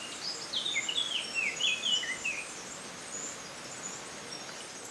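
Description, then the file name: Eurasian blackcap warbling in a short, scratchy burst of slurred high notes, about two seconds long, then quiet background hiss. "Sylvia atricapilla"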